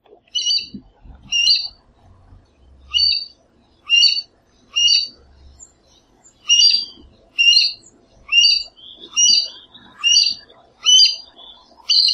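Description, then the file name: Bird chirps, short bright notes repeated about once a second, with faint low rumbles underneath. "passaros"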